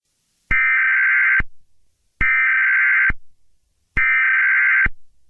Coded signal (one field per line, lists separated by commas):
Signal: Emergency Alert System (SAME) tones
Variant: header bursts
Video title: EAS Scenario #2: Hot To Go!